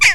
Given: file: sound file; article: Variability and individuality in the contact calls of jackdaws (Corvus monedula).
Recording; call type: jackdaw call; harmonic